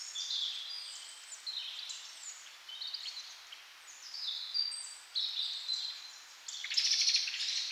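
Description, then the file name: Birds singing, a dense chorus of high whistled and chirping phrases overlapping throughout, with a brighter burst of rapid notes near the end. "melodiez vogels"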